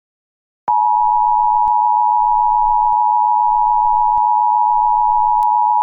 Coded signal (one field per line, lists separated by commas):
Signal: Emergency Alert System (SAME) tones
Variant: 853 and 960 Hz attention tone